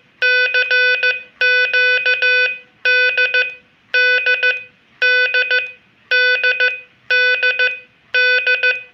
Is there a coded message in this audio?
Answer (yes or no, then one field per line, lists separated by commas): yes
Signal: Morse code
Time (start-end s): 0.2-8.7 s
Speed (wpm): 15 wpm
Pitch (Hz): 1500 Hz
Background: none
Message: CQD D D D D D